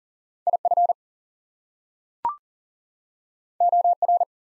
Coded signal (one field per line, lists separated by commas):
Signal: Morse code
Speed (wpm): 40 wpm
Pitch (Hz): 700 Hz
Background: none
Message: IF OR